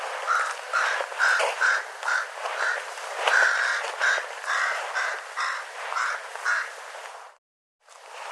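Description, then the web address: Bird calls: a rapid series of rasping mid-pitched notes, about two a second, over background hiss, then a brief cut to silence near the end. "birddata Deverinetal 2025 Bird Co Co Co Co"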